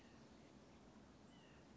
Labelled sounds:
White-breasted Nuthatch
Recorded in Sonoma County, California

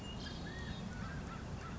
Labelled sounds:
California Quail
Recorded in Sonoma County, California

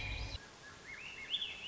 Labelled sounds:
Swainson's Thrush
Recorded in Sonoma County, California

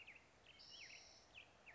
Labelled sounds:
Spotted Towhee
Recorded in Sonoma County, California

